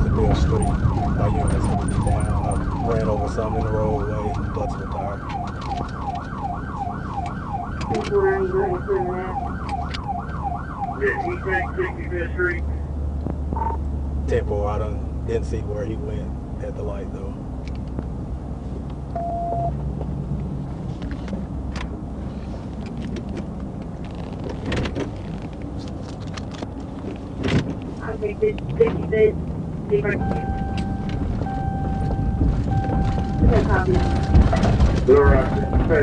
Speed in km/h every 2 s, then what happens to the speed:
16, 0, 0, 0, 0, 0, 0, 0, 0, 0, 0, 0, 0, 0, 10, 15, 18, 18.
0-2 brakes to 0. 2-27 standing. 27-30 pulls away to 15. 30-36 steady at about 18.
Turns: none.